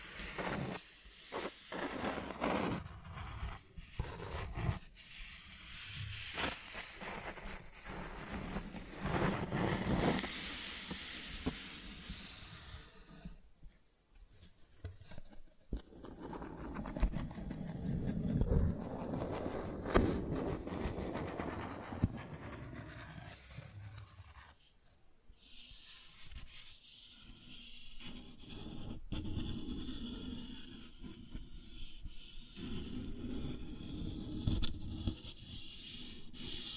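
Cardboard being scratched, traced and torn, in rough, uneven bursts of dry scraping and ripping. Sharp clicks and scrapes come thickly through the first dozen seconds, a short pause falls near 14 seconds, then longer grinding strokes follow, with another brief lull around 25 seconds.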